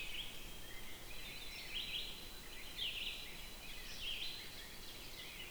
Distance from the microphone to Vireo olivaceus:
about 70 m